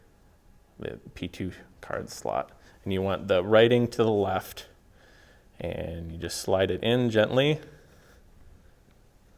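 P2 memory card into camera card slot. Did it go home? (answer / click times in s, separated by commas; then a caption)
no / none. A P2 memory card, its writing facing left, is slid gently by hand into the first card slot of a studio video camera while someone talks. Faint handling sounds sit under the speech, and the clip ends before the card reaches the end of the slot, so nothing has seated or clicked yet.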